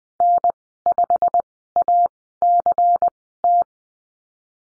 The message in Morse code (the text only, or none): N5ACT